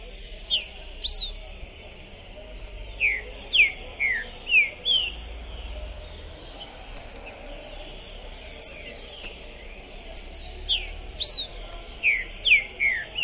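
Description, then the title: Green-winged saltator singing several phrases of loud, clear, downslurred whistles, three to five notes apiece, with scattered high chirps. Captive trinca-ferro, 'pistoleiro' type, singing, chirping and 'macheando' (male display) while warming up for a singing contest, at the entrance of a tournament, 2021. "ESQUENTAR Seu TRINCA Piando, Cantando E Macheando Na DISPUTA. TRINCA FERRO ficou POSSUÍDO na PORTA do TORNEIO. Trinca Ferro Pistoleiro 2021"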